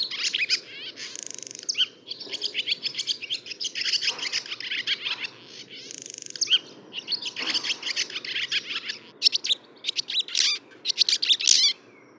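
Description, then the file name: Barn swallow song, long twittering chatter of high squeaky notes broken by short buzzy stretches, with brief pauses between phrases. "laavesvale"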